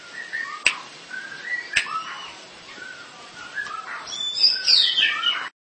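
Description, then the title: Long-tailed shrike song: quiet warbled whistles with two sharp clicks early on, building to a louder scratchy descending phrase at the close. "Kicau Burung Pentet"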